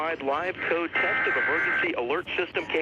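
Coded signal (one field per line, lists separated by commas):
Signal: Emergency Alert System (SAME) tones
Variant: header bursts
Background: speech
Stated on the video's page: Real national EAS test recording.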